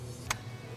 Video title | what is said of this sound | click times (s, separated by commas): KTM/Husqvarna WP 4CS Fork Rebuild | You usually hear it snap into the groove. | 0.3 s